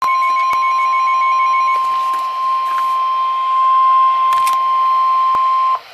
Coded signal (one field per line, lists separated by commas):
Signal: Emergency Alert System (SAME) tones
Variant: 1050 Hz attention tone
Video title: EAS #64 Special Marine Warning 7/29/13 7:17PM